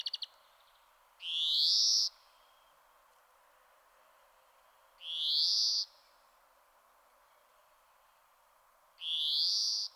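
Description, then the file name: European greenfinch giving long buzzy nasal wheezes, each swelling and rising, repeated roughly every four seconds, three in all, after brief opening clicks. "Chloris chloris"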